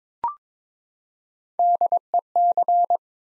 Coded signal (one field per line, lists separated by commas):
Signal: Morse code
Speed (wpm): 22 wpm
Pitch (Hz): 700 Hz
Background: none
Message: DEC